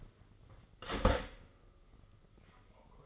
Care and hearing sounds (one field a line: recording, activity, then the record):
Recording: daily activity, microphone in the room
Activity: start toaster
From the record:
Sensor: 4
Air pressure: 996.0 hPa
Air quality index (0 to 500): 66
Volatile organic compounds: 2 ppm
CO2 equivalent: 1196 ppm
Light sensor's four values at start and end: 11/30/11/11 and 9/23/9/9